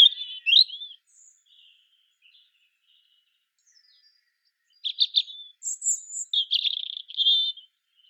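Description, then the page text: European robin song: high, thin warbled phrases with trills and sliding notes, a brief phrase at the start, a pause of several seconds, then fuller trilled phrases. "Птицы-целители - Зарянка (Erithacus rubecula)"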